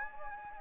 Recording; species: mosquito wingbeat signal from an infrared sensor; Anopheles gambiae